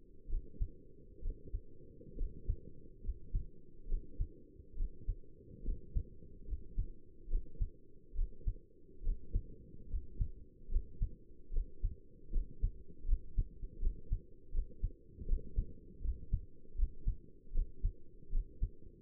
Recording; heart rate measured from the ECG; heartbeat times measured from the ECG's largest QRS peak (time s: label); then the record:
heart sounds by stethoscope; 73 bpm
0.30 s: heartbeat
1.23 s: heartbeat
2.18 s: heartbeat
3.04 s: heartbeat
3.89 s: heartbeat
4.77 s: heartbeat
5.65 s: heartbeat
6.48 s: heartbeat
7.30 s: heartbeat
8.16 s: heartbeat
9.04 s: heartbeat
9.90 s: heartbeat
10.71 s: heartbeat
11.53 s: heartbeat
12.33 s: heartbeat
13.08 s: heartbeat
13.82 s: heartbeat
14.54 s: heartbeat
15.28 s: heartbeat
16.04 s: heartbeat
16.78 s: heartbeat
17.54 s: heartbeat
18.32 s: heartbeat
From the record:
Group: healthy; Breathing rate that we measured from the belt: 17 breaths a minute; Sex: male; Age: 22 years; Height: 181 cm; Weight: 79 kg